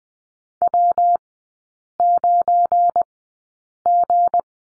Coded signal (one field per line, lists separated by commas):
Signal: Morse code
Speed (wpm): 20 wpm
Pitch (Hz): 700 Hz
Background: none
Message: W9G